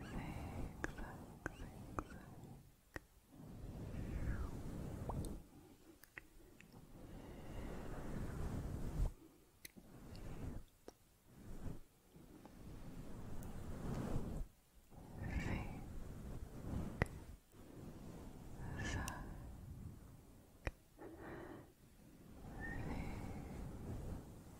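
Soft, slow mouth sounds with brushing over a fluffy mic, close up. Low, muffled rustling swells come in bursts of a few seconds, broken by short silences, with small wet clicks and light smacks scattered throughout and a few brief rising chirps.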